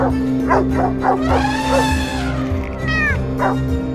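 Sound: dog barking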